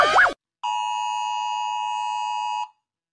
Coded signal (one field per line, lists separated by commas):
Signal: Emergency Alert System (SAME) tones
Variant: 853 and 960 Hz attention tone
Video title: Im rating The EAS Alarm cuz why not